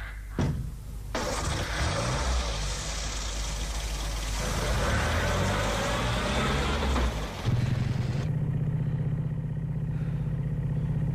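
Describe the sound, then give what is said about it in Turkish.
A car engine turns over and roars loudly as the vehicle pulls away to get away as quickly as possible, a rough, noisy surge for several seconds before settling into a steady low, humming drone. “Kapat çeneni de gir arabaya. Mümkün olduğu kadar çabuk uzaklaşalım buradan, hadi.”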